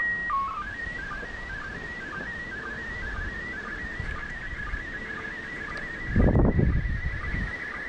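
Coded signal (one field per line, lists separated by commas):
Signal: SSTV (slow-scan television)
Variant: PD120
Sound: short start-up tones, then a steady warbling tone around 2 kHz with regular quick dips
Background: radio static, brief rumble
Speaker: you can see it's coming across real nicely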